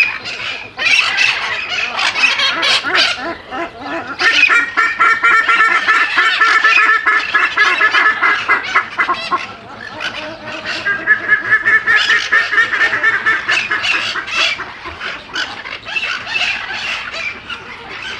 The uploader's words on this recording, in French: Immersion sonore en Volière sud-américaine. Le Bioparc de Doué-la-Fontaine. Chant des aras de Lafresnaye, des aras hyacinthes, des conures mitrées, des ibis rouges, des goélands gris, des ibis à face noire, des manchots de Humboldt, de l’ouette à tête rousse.